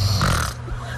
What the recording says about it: It's quite a deep snore. I've got a blocked nose.